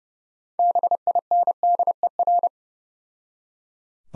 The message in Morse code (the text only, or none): BINDER